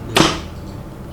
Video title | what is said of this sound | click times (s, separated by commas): Unbox + รีวิว เก้าอี้เพื่อสุขภาพจาก Workscape รุ่น Prato EM-209E | เป็นการปลดล็อคนะครับกำลังจะนั้นเราก็โน้มตัวลงไปนะครับนิดหนึ่งหนึ่งให้ | 0.2 s